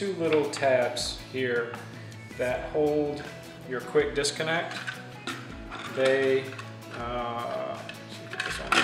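A quick-disconnect cable plug with broken plastic retaining tabs is pushed into the mount of a Humminbird Helix 12 fish finder while someone talks. Only light plastic taps are heard, and nothing has seated or clicked; the plug goes in, but nothing catches to hold it.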